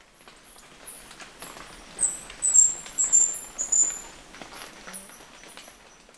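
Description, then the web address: Brown Inca calls: very high, thin squeaky chips and short whistled notes in a loose cluster, with faint rustling in the background. Ecuador. "Natures Songs S America Birds of Ecuador Brown Inca"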